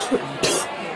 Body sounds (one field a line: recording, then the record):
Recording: coughing mixed with background sound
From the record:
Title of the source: 30 Chesty and wet cough